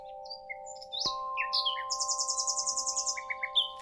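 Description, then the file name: Common nightingale song: a short phrase of high notes, then a fast run of many repeated chirps and a few lower notes, over steady low musical drone tones. "Nachtigall"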